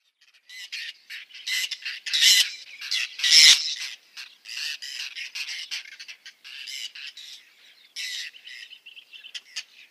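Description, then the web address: Whiskered tern giving harsh, rasping squawks in irregular bursts, one louder grating call near the middle. "Schulze Peter Whiskered Tern"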